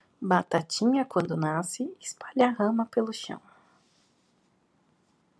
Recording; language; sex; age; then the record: short text; Brazilian Portuguese; female; 30 to 39 years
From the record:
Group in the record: control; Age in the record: 37 years